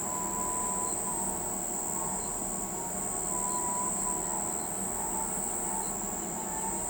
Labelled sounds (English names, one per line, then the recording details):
none
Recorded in pastures near Pivijay, Magdalena, Colombia, on 16 April 2023 at 03:30
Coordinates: 10.456, -74.369
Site P6-G026